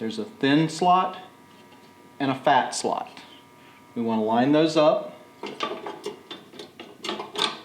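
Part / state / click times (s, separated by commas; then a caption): arc lamp into followspot lamp socket / seated / 7.4 s. An arc lamp's thin and fat pins are lined up with the matching thin and fat slots in a Canto followspot's lamp socket, then the lamp is turned and locked in tight so it will strike and work. Someone talks, then several small ratchet-like mechanical clicks sound during the turn. The lamp seats with a sharp, loud lock click at 7.4 s.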